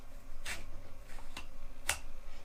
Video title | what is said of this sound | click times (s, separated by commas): Darkstorm by Sabermach - SABER SHOWCASE | there's there's there's the click when you when you put it in it's very nicely housed in there | 1.9 s